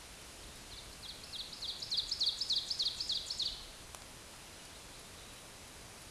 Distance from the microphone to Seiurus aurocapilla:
about 50 m